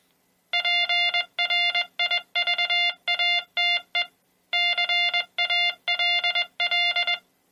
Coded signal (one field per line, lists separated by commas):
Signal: Morse code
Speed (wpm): 21 wpm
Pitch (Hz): 2100 Hz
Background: none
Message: PRIVATE CALL